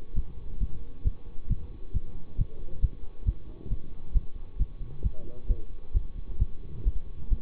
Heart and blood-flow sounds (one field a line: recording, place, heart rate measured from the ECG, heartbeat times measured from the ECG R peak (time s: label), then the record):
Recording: heart sounds by stethoscope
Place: between the tricuspid and mitral areas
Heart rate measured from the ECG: 134 bpm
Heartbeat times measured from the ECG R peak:
0.14 s: heartbeat
0.59 s: heartbeat
1.03 s: heartbeat
1.48 s: heartbeat
1.92 s: heartbeat
2.36 s: heartbeat
2.80 s: heartbeat
3.24 s: heartbeat
3.69 s: heartbeat
4.13 s: heartbeat
4.57 s: heartbeat
5.02 s: heartbeat
5.47 s: heartbeat
5.92 s: heartbeat
6.38 s: heartbeat
6.83 s: heartbeat
7.29 s: heartbeat
From the record:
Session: bicycle stress test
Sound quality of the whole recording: good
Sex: male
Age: 24 years